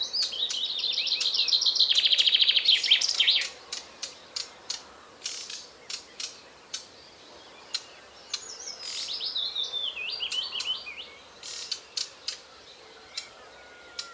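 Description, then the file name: Common Chaffinch singing a descending trilled phrase, then scattered sharp ticks, then a second descending phrase. "Fringilla coelebs"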